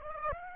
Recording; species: mosquito wingbeat signal from an infrared sensor; Aedes aegypti